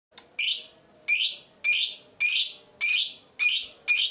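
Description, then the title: Lovebird giving loud, harsh, high chirps, each with a short rasping tail, repeated roughly every half second in a steady series. Lovebird whose style is said to make it look very clever at memancing, baiting other birds into singing. "Dari Gayanya Lovebird Ini Terlihat Pintar Sekali Memancing"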